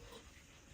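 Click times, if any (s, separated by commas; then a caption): none. Plastic electrical connectors are handled over the ignition coils on the engine of a Renault Modus 1.2 Turbo after a spark plug change, to be pushed back on one after another. Only soft, steady low handling noise is heard; no connector has clicked or seated yet.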